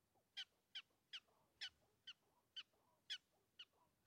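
Prairie dog chirps, thin high sharp notes repeated about twice a second over a faint background hiss.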